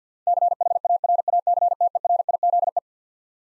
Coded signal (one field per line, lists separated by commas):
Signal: Morse code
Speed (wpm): 50 wpm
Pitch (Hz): 700 Hz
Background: none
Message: CHARACTERIZE